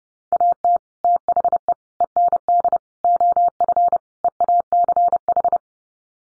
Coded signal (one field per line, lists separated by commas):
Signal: Morse code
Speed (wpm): 30 wpm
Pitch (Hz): 700 Hz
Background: none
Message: AT THE END OF EACH